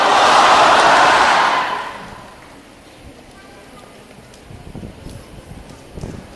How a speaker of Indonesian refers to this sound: Tepuk tangan gemuruh, tepuk tangan gemuruh, tepuk tangan gemuruh. Ustaz Wijayanto, tampil.